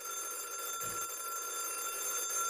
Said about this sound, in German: Und hier klingelt das Radio Bremen Hörspieltelefon, das in jedem Radiokrimi aus den 60ern gleich schellt, schon unser kommendes Hörspiel an.